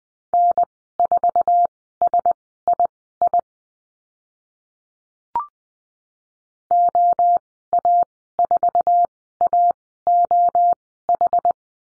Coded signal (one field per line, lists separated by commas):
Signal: Morse code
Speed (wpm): 20 wpm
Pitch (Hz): 700 Hz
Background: none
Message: N4SII OA4AOH